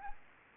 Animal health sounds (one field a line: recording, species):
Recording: mosquito wingbeat signal from an infrared sensor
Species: Anopheles gambiae